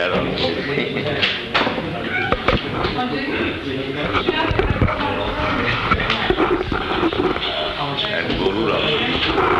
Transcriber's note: background conversation as people leave